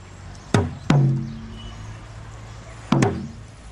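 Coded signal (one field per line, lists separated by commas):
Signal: talking drum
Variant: Asante (Akan) drum language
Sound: two pairs of deep resonant drum strokes with humming, slightly bending low tone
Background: quiet room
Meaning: Calls out the name Gus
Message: Gus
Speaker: I call you you can call me my name my name is Gus how would you do that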